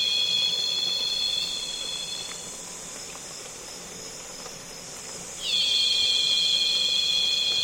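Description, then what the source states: Cicada call: loud shrill drone for two seconds, a quieter pause, then a sweep back into a steady intense buzz. Loud cicadas calling on a calm afternoon in Congo basin rainforest.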